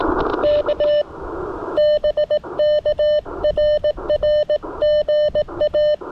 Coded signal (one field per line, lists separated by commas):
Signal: Morse code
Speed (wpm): 18 wpm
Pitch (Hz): 600 Hz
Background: radio noise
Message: K BK RR GA